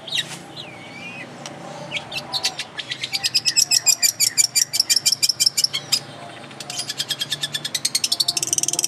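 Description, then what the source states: Long-tailed shrike song: a curling whistle and scattered chips lead into long rapid trills of high repeated notes, pausing briefly before another fast trill. Training song for other songbirds.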